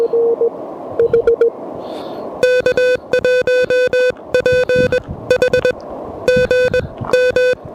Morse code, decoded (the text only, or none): K1PH GM